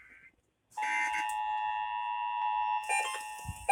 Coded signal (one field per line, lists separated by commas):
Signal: Emergency Alert System (SAME) tones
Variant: 853 and 960 Hz attention tone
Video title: NOW WITH 100% MORE KRET! EAS Tests from October 2023